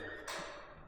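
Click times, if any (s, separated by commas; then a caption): 0.3 s. The belt tightener (clutch) lever on the engine mount of a Clarke Model 50 manual sawmill is pulled to tension the drive belt. It latches into its locked position with a short, bright tap at 0.3 s, then fades over a low steady background. The lever locks into place.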